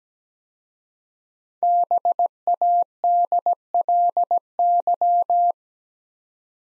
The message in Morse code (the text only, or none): BADLY